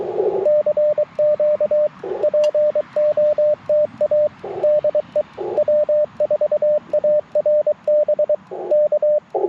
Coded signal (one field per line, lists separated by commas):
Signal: Morse code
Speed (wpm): 23 wpm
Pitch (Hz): 600 Hz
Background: radio noise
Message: CQ POTA DE W4ARB K